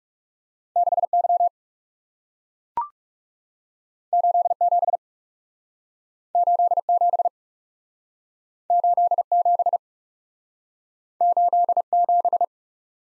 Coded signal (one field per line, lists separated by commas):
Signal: Morse code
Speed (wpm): 39 wpm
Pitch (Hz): 700 Hz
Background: none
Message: 6 Y 8 7 8 7 8 7 8 7